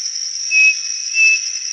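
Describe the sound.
Bird calling with two pure, level whistled notes, partly masked by a loud steady high-pitched tone.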